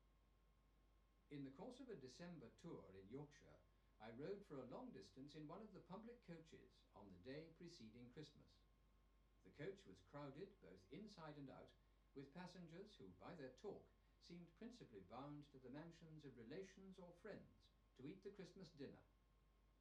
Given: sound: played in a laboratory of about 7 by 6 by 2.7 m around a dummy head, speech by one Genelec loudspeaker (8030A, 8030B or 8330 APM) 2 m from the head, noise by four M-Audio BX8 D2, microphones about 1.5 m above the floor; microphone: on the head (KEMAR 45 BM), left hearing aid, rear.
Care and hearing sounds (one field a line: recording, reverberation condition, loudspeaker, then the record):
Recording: male speech in English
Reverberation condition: low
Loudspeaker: 120 degrees to the right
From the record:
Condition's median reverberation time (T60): about 310 ms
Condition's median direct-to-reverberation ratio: about 3.5 dB